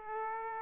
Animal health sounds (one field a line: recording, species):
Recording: mosquito wingbeat signal from an infrared sensor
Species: Aedes aegypti